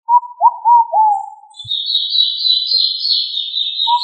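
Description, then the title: Pigeon call phrase of looping whistled notes dropping slightly, followed by a long high steady buzzing drone. "Familia Columbidae Pomba"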